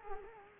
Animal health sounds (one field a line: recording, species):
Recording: mosquito wingbeat signal from an infrared sensor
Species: Culex quinquefasciatus